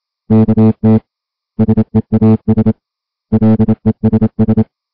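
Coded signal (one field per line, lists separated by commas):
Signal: Morse code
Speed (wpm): 27 wpm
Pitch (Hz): 220 Hz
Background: music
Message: KT SEAS LESS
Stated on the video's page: High seas weather broadcast on 472 kHz from a historical radio society station licensed for 5 kW.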